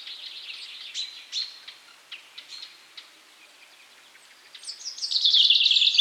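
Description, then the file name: Common chaffinch with scattered short sharp call notes for several seconds, then a loud, rapid trilled song phrase begins and runs to the end. "Fringilla coelebs"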